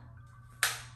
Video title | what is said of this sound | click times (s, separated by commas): REMINGTON PRO WET 2 STYLE Dryer & Volumizing Brush! Review with MakeupBy Daliza | all the way you're going to hear that click you hear that i didn't hear that at first | 0.6 s